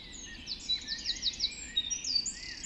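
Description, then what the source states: Birds singing together at dawn, a dense tangle of high chirps and quick whistled phrases crowding one another without pause. Dawn chorus recorded just after dawn in the Forest of Dean.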